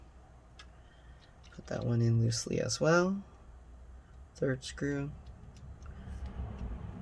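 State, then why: Not seated. The third screw is placed loosely into a plastic screw boss in the chassis of an MSI GS73VR Stealth Pro 7RF laptop and twisted backwards to find the thread start before being driven in. Someone talks over a quiet background with a few faint ticks around 0.6, 1.5, 5.6 and 5.9 seconds. The thread has not clicked or seated yet, and the screw is not tightened in this clip.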